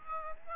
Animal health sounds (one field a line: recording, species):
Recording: mosquito wingbeat signal from an infrared sensor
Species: Aedes aegypti